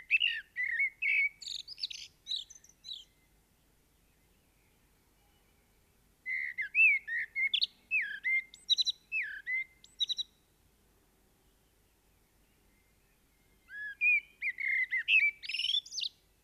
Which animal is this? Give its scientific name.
Turdus merula